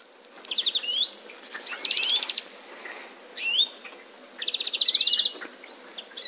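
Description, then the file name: European greenfinch calling: quick rattling trills alternate with rising, slightly nasal whistled notes, repeated in bursts a second or two apart. "Chloris chloris"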